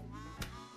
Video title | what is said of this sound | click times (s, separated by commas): MURRAY 'Celebrity Magician' LIVE at the Tropicana Hotel & Casino - Las Vegas! | nice now you hear the snap you're | 0.4 s